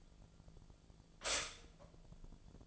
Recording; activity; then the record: daily activity, microphone in the room; stop toaster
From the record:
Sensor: 5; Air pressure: 1009.4 hPa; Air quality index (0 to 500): 169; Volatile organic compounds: 4 ppm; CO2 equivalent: 1632 ppm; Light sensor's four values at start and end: 89/235/96/101 and 89/235/96/101